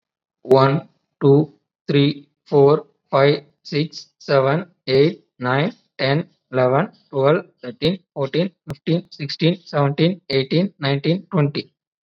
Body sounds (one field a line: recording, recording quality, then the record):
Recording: counting at a normal pace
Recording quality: excellent, no background noise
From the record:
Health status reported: COVID-19 positive, mild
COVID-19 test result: positive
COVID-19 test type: rapid antigen test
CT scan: not taken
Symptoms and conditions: cough, sore throat, fever, fatigue, muscle pain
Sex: male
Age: 30 years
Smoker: yes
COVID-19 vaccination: both doses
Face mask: worn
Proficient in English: yes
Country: India